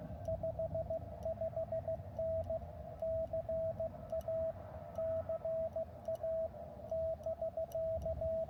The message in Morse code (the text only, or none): 55N CA CA <BK>